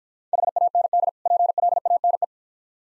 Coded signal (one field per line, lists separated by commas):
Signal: Morse code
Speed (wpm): 51 wpm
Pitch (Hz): 700 Hz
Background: none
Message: HAND PLANE